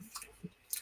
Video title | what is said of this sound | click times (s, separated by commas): Kotobukiya Metal Gear Rex build night with Gundamoniumworks!! | they fit so tight together that you have to really pinch them to hear them fully snap together | 0.7 s